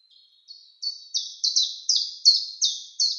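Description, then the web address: Common chiffchaff singing a steady series of sharp, high notes that seesaw in pitch, roughly three per second, starting softly and growing louder. "Schulze Peter Common Chiffchaff song"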